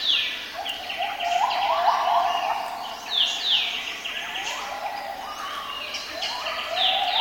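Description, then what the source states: Gibbon calls, a series of rising whooping swoops with higher sliding notes above. Recorded in forest.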